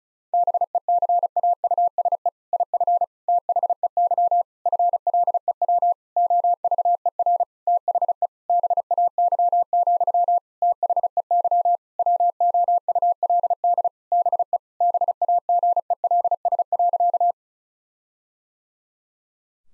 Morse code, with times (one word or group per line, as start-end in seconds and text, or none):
0.3-2.3 BECAUSE
2.5-3.0 IF
3.3-4.4 THEY
4.7-5.9 FLEW
6.2-7.4 OVER
7.7-8.3 THE
8.5-10.4 BAY,
10.6-11.8 THEY
12.0-13.9 WOULD
14.1-14.6 BE
14.8-17.3 BAGELS.